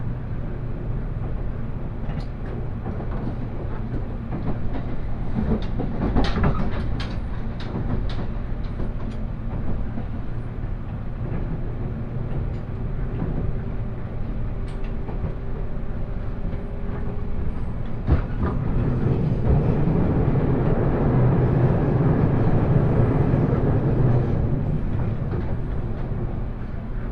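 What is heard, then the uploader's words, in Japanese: Steady low rumble of the Huis Ten Bosch limited express train, with brief clicks and knocks early on and a louder, rougher stretch after eighteen seconds. 大村線・佐世保線特急ハウステンボス26号 ハウステンボス→武雄温泉。ハウステンボスから特急ハウステンボス号で武雄温泉に向かいます。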